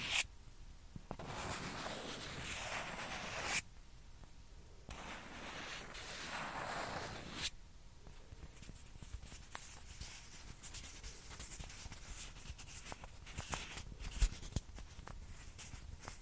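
A ping pong ball is scratched and tapped against a surface. The first half holds long, rasping scrapes in bursts with short pauses near 3.5 and 5 seconds. After about 8 seconds come quicker, scattered taps and clicks over a softer scratching bed.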